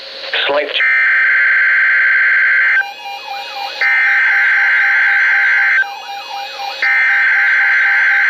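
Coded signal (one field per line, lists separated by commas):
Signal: Emergency Alert System (SAME) tones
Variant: header bursts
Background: speech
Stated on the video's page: Required weekly test from NOAA Weather Radio transmitter in Milwaukee, WI.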